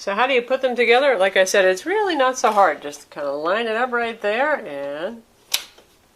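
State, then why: Seated. Someone talks while lining up the detachable tablet display of an Asus Transformer Book TX300 with the keyboard dock hinge and pushing it down. At 5.5 s there is a single sharp click as the tablet snaps into the keyboard dock and seats.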